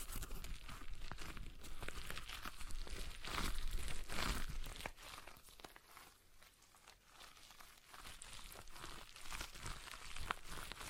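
A stress ball is squeezed and worked in the hands, making dense crinkly, crackling rustles that run almost without pause. The handling is busiest in the first four seconds with a couple of sharper crunches, eases off around the middle, then picks up again toward the end.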